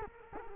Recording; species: mosquito wingbeat signal from an infrared sensor; Culex quinquefasciatus